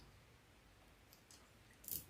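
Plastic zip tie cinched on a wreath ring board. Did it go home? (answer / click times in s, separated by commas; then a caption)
yes / 1.1 s, 1.3 s, 2.0 s. A plastic zip tie is pulled tight through holes on a metal wreath ring board. Quiet ratcheting clicks sound at 1.1 and 1.3 seconds, then a louder click at 2.0 seconds. The zip tie ratchets and locks in place.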